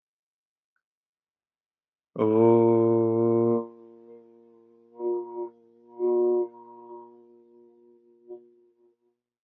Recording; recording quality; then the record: sustained vowel as in boot; excellent, no background noise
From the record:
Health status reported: healthy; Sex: male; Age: 23 years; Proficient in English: yes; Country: India